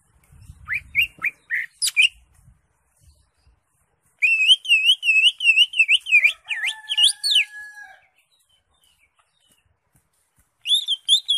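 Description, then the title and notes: Greater Green Leafbird song mixing sharp rising whistles, a long fast wavering trill, slurred notes and a held whistle, with pauses between phrases and a low rumble near the start. Used as a training song for caged birds. "Suara Burung Cucak Ijo. mantap buat masteran burung cak ijo"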